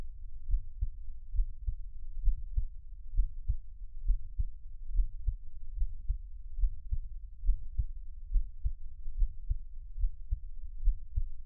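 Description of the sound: Steady low paired thumps at about 70 beats a minute: an adult heartbeat heard close up, with no talking, made as a Taiwanese ASMR recording.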